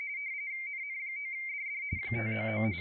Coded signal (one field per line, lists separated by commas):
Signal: RTTY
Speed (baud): 45.45 baud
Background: speech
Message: NN9DD 599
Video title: CQWW WPX RTTY 20 METER SUNDAY AFTERNOON